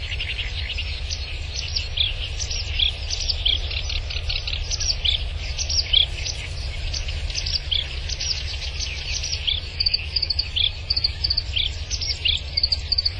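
Black-browed reed warbler song: a long, unbroken run of scratchy, chattering notes with a few sharper high chips, over a steady low rumble.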